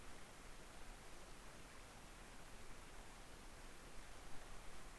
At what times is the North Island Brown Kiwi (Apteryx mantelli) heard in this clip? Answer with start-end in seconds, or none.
none